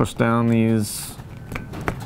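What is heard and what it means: Someone talks while pushing down the plastic brick "mechanical arms" of the canvas frame on a brick-built GAZ-67 vehicle model. Two sharp clicks are heard at 1.6 s and 1.9 s as the arms seat home.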